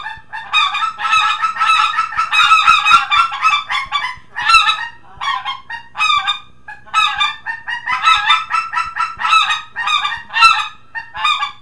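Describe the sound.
Greater white-fronted goose: greater white-fronted geese giving high, laughing yelps in bursts, several birds calling over one another, with short pauses between flurries.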